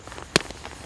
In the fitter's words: there it went there it snapped and you you blow just a little bit of air in here and then squeeze it